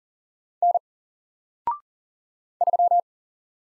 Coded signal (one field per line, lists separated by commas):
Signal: Morse code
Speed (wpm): 40 wpm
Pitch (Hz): 700 Hz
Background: none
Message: N 3